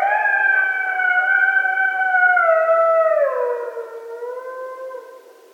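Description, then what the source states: Coyote howl, a loud sustained tone that wavers slightly, then drops in pitch after three seconds and trails off quietly. Coyotes recorded at night, 13 November 2012.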